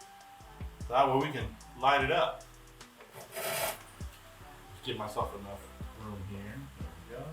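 A wiring harness connector is handled at the back of a FuelTech FT450 standalone engine ECU during its install in a Honda K24-swapped Camaro. Someone talks over background music, with rubbing handling noises and a brief sharp sound at 2.8 s. Nothing has seated or clicked yet.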